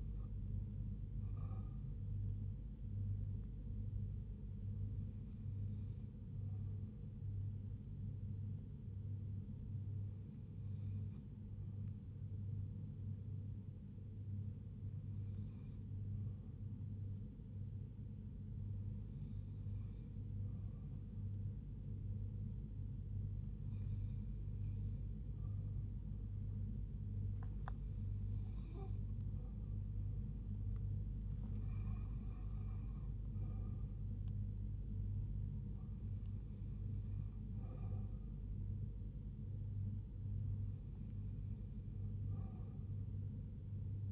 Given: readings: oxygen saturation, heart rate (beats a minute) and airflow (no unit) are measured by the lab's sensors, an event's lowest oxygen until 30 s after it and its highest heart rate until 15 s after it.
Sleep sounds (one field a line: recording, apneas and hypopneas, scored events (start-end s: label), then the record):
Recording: breathing in sleep by a smartphone at the bedside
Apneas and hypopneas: 1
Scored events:
8.00-32.70 s: hypopnea (N2, oxygen 88% highest, then 87% lowest, heart rate 73 at the start, 78 highest)
29.00-44.12 s: new sleep stage, N1 (lightest sleep)
From the record:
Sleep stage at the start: N2 (light sleep)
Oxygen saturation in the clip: 87 to 88%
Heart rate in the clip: 69 to 78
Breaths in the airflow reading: 10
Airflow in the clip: -3.9 to 3.0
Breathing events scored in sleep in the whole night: 158 in 7.3 hours asleep